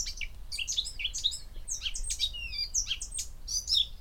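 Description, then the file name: Eurasian blackcap song, a fast tumbling warble of scratchy notes and bright whistled slurs running without a break through the whole stretch, with a faint low rumble beneath. "Sylvia atricapilla"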